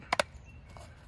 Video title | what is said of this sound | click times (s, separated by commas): Polaris 280 Replacing Wheel Bearings | Now that one just snapped into place all the rest of the way, | 0.1 s, 0.2 s